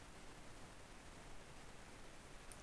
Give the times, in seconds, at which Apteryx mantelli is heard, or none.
none